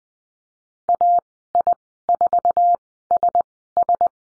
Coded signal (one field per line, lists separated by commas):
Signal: Morse code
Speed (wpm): 20 wpm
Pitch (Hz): 700 Hz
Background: none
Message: AI4SS